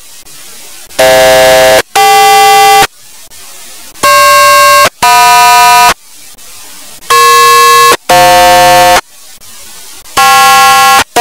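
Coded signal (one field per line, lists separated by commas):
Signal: aircraft SELCAL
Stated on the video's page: Quik call tone audio from Motorola Minitor pagers.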